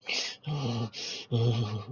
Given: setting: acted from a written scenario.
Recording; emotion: vocal sound without words; contempt